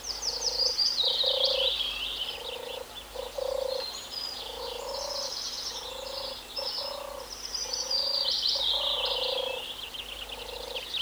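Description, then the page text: European turtle dove purring song, low rolling purrs repeated many times, with busy high twittering from other birds above throughout. Cooing bird. "European Turtle Dove (Streptopelia turtur). Koerende zomertortel"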